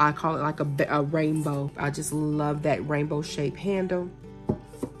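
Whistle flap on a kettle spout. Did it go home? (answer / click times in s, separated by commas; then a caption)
released / 4.5 s. Someone talks, then lifts the whistle flap on the spout of an electric gooseneck kettle using a lever. The flap clicks into the open position with a short, sharp click at 4.5 s.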